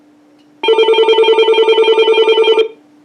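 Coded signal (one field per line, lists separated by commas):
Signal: none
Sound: phone ringing beeps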